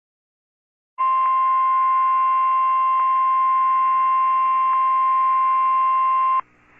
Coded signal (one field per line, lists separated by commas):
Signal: Emergency Alert System (SAME) tones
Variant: 1050 Hz attention tone